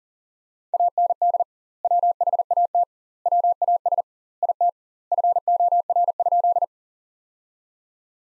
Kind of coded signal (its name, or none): Morse code